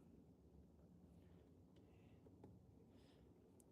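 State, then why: Not seated. An original plastic fastener is pushed into a freshly painted motorcycle fairing on a Yamaha R1, with quiet plastic rubbing and a brief faint tick near the end over a steady low background hum. The fastener does not click or seat, so it is pulled back out.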